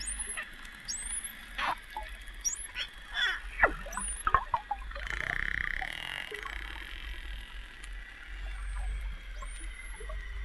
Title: Un groupe de dauphin Steno sédentaires, habitués de Port Louis Guadeloupe.